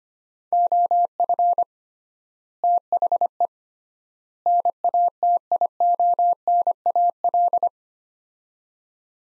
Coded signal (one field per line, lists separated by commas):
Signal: Morse code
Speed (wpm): 25 wpm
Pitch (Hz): 700 Hz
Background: none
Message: OF THE NATIONAL